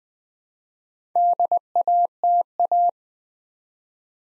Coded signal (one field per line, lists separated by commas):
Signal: Morse code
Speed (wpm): 20 wpm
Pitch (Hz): 700 Hz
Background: none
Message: DATA